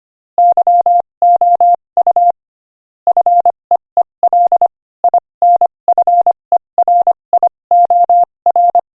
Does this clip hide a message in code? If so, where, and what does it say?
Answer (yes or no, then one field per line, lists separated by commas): yes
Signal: Morse code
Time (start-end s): 0.4-8.8 s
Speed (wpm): 25 wpm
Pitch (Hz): 700 Hz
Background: none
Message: YOU FEEL INFERIOR